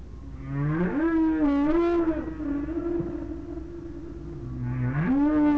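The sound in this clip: Whale vocalising with a sustained, rich harmonic moan that wavers slightly in pitch, entered by a short rise and ending with a renewed upward swoop.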